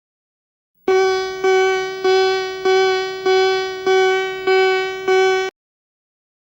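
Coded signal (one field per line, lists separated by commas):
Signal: none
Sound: music beeps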